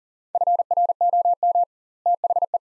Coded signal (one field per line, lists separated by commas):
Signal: Morse code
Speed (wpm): 40 wpm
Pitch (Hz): 700 Hz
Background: none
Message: FROM THE